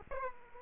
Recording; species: mosquito wingbeat signal from an infrared sensor; Aedes aegypti